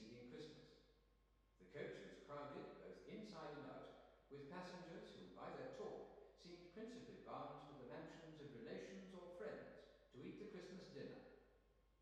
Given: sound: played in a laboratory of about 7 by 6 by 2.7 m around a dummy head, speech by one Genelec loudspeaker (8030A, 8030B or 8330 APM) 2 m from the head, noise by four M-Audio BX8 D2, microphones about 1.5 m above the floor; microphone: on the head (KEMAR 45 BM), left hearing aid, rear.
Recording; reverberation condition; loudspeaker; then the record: male speech in English; high; 90 degrees to the right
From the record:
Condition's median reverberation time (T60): about 1300 ms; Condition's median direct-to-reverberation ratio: about -4.0 dB